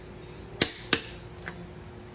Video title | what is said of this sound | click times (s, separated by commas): How to do a Tire Rotation at Home the Safe and Correct Way | and you're going to hear it click when you hit 95 foot-pounds | 0.6 s, 0.9 s